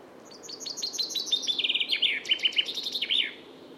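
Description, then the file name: Common chaffinch song: bright notes tumbling downward in repeated trilled sections, closing with an emphatic end flourish. "Fringilla coelebs"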